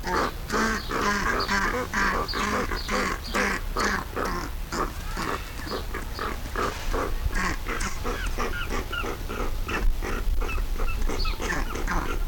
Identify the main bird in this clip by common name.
Straw-necked Ibis